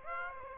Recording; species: mosquito wingbeat signal from an infrared sensor; Aedes aegypti